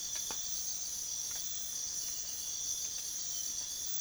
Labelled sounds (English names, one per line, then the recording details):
none
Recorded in secondary vegetation near Puerto Asís, Putumayo, Colombia, on 23 June 2025 at 03:30
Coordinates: 0.500, -76.326
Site GP08